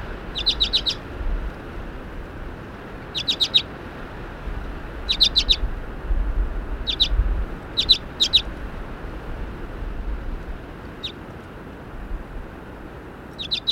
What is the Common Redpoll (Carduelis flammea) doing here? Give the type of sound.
call